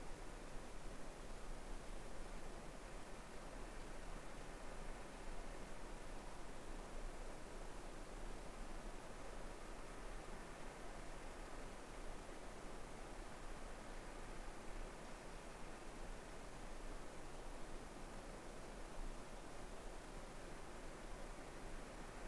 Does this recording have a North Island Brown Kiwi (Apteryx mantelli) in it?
no